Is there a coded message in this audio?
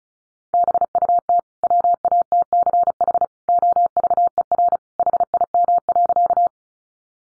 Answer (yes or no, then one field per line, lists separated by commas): yes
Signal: Morse code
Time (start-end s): 0.5-6.5 s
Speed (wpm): 34 wpm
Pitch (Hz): 700 Hz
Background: none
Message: BUT WATCH OVER HIM.